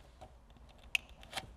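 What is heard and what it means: A white plastic wiring harness connector is pushed into the gray connector behind the car radio of a 2024 Toyota RAV4. It seats with a sharp, bright click at 0.9 s, with faint handling taps around it. A softer rattle near 1.4 s follows.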